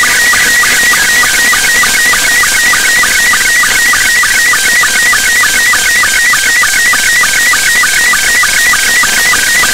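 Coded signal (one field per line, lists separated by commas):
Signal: SSTV (slow-scan television)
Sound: warbling tones around 1.5-2.3 kHz with a short low click about three times a second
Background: radio static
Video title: UmKa-1 satellite. Pass over Costa Rica. SSTV image download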